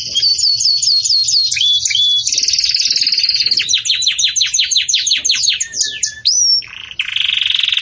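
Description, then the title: Belgian canary song, a continuous run of high rapid trills and sweeping notes, shifting between repeated chirps, a falling rattled series and a buzzy final trill. Belgian canary singing the 'campainha' (bell) song style, for tutoring young chicks. "Belíssimo Canto Do Canário Belga Campainha Para Encarte De Filhotes"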